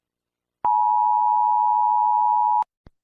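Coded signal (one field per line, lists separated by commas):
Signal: Emergency Alert System (SAME) tones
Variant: 853 and 960 Hz attention tone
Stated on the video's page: Simulated EAS scenario.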